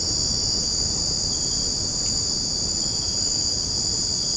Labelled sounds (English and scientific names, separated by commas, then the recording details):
none
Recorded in secondary vegetation near Puerto Asís, Putumayo, Colombia, on 13 March 2025 at 00:30
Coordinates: 0.481, -76.318
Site G097